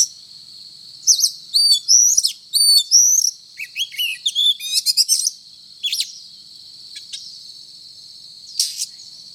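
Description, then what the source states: Oriental magpie-robin song: repeated clear whistled phrases with a level note then a drop, followed by quick slurred notes and sparse harsh calls near the end. Indonesian local name kacer; described as gacor, actively and vigorously singing.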